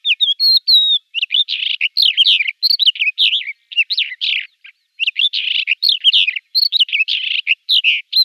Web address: Schulze Peter Crested Lark song